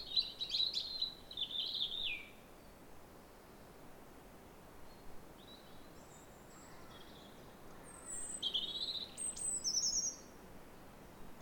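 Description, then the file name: European robin song: a rippling high phrase at the start, a quiet gap, then another varied burst of thin whistles and trills. "Erithacus rubecula"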